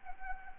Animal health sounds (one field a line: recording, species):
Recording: mosquito wingbeat signal from an infrared sensor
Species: Anopheles gambiae